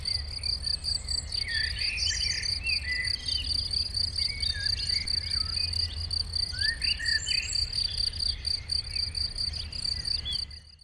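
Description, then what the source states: Crickets in a steady high chorus of pulsing trills, with chirping birdsong scattered above and a low rumble of traffic underneath throughout. Chorus of crickets in a sunny west-facing sloping meadow at Chindrieux, France, with birdsong from surrounding trees and traffic noise from a nearby road.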